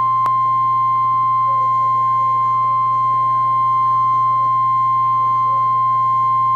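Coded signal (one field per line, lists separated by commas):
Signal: Emergency Alert System (SAME) tones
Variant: 1050 Hz attention tone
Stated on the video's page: Real NOAA Weather Radio EAS tornado warning alert.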